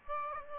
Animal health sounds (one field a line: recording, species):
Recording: mosquito wingbeat signal from an infrared sensor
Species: Aedes aegypti